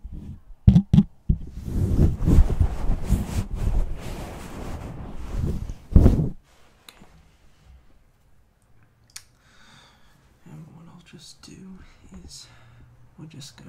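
Scalp and face massage sounds: dense, rough rubbing and brushing for the first six seconds, with a few sharp taps at the very start. After a sudden stop, only soft, sparse scratches and faint low murmurs remain, with a single small click around nine seconds.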